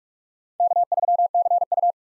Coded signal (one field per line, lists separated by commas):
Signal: Morse code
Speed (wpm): 46 wpm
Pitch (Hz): 700 Hz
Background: none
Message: K3CU